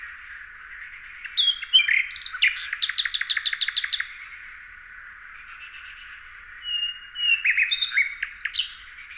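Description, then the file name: Common nightingale song: pure whistles, then a fast run of repeated sharp notes, a pause, and another phrase of whistles and chirps. "Luscinia megarhynchos"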